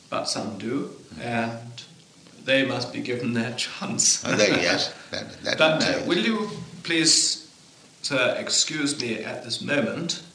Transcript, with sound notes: but some do, and they must be given their chance. [laughs]
Oh, yes, that is nice.
Will you please, sir, excuse me at this moment?